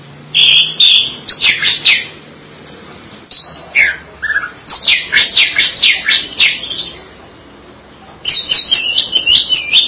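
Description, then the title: Greater green leafbird song with fast chattering chirps, downslurred whistles and rapid trilled notes in energetic phrases broken by short pauses. "Cucak ijo"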